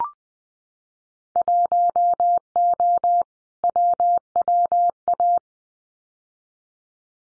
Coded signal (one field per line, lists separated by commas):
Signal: Morse code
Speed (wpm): 20 wpm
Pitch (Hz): 700 Hz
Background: none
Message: 1O WWA